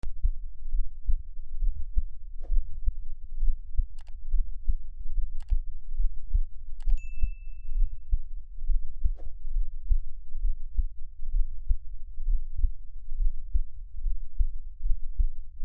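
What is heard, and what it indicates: Steady, regular low thumps continue throughout, a normal-sounding heartbeat heard close to the chest. There is no talking. A few faint clicks and one brief high ding are heard in the background.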